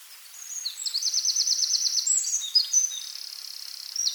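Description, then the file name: Eurasian wren song, high and piercing, opening with a rapid rattling trill and carrying on into sustained buzzy trills and sharp chips. "Troglodytes troglodytes"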